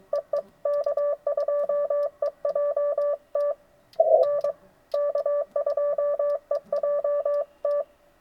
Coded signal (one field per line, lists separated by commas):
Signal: Morse code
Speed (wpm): 22 wpm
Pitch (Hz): 580 Hz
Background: none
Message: EE K2EJT R K2EJT